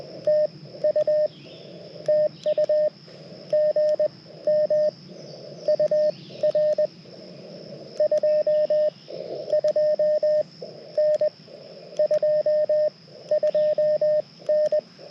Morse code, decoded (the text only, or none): TU TU GM UR 22N 22N